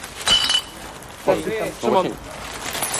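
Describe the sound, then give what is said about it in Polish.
A short, bright glassy clink rings out once near the start as glass litter is picked up during a clean-up, followed by two brief bursts of people talking over faint outdoor background noise. “To ma szkło. Adaś, daj szkło.”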